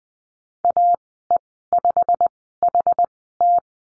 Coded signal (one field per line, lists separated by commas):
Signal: Morse code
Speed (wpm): 20 wpm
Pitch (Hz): 700 Hz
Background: none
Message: AE5HT